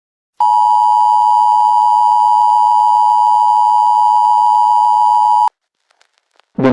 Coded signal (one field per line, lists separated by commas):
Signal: Emergency Alert System (SAME) tones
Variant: 853 and 960 Hz attention tone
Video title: Severe Derecho | EAS Scenario